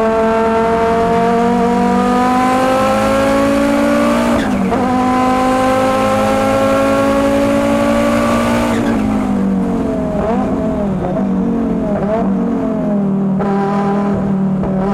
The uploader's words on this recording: 1988 Audi 200 Quattro Trans Am In-Car Audio at Monterey. Taken in 2018 at Laguna Seca. Its 2.1-liter five-cylinder engine screams. Two audio recorders running--one next to the turbo and wastegate, and the other next to the exhaust outlet.